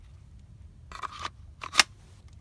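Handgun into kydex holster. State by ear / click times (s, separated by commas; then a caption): seated / 1.8 s. A handgun is pushed into a new Vedder kydex holster to check the fit, with brief scraping sounds around 0.9–1.3 s and 1.6 s as it slides in. It snaps into place with a sharp, bright click at 1.8 s, and the pistol is seated.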